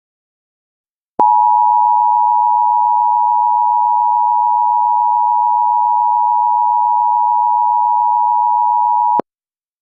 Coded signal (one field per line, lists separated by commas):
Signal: Emergency Alert System (SAME) tones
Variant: 853 and 960 Hz attention tone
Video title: EAS Halloween Scenario 2016 " Radioactive Flash Floods"